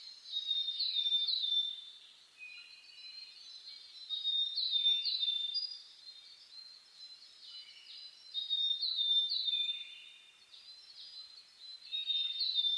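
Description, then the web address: Birds in a dawn chorus, bright chirping phrases recurring roughly every four seconds, with softer twittering between the louder bursts. Dawn chorus (reimei) of birdsong (saezuri), recorded 10 May 2010. "reimei DH-D 50-saezuri-20100510-0401"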